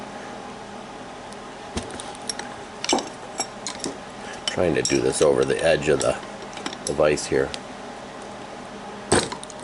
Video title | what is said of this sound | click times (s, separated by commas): Master lock padlock ONE key UP system rekeying press review HKS Systems Lock & Safe 847 204 7046 | Okay, so you heard that snap. | 9.3 s